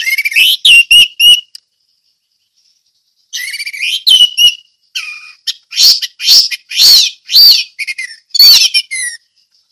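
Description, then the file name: Orange-headed thrush song: loud, high, varied phrases of rich whistled and buzzy notes in bursts, with a pause near the start before a rapid run of notes. Ngeplong song style. "anis merah ngeplong"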